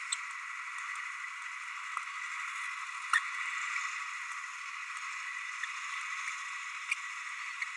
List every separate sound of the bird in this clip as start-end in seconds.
3.13-3.19, 6.91-6.94, 7.61-7.64